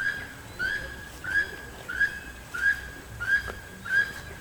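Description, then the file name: Keel-billed toucan calling, a short croaking note with a rising twang, repeated steadily about every two-thirds of a second, seven times. "Keel billed Toucan Ramphastos sulfuratus"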